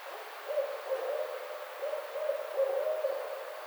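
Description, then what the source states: Barred owl hooting, a series of low hoots over a steady background hiss. Recorded 29 May 2009.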